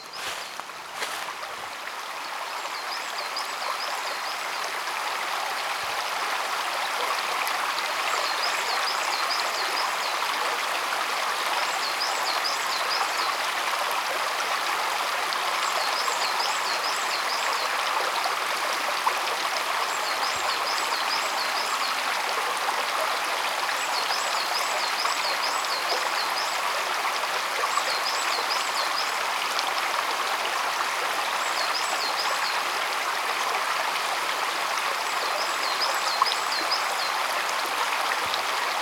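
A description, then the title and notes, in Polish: A stream runs steadily, a dense, even rush of water that holds the same level for the whole recording. Over it, a high, thin chirping trill repeats every few seconds, likely a small bird. Dziś wracamy nad strumień.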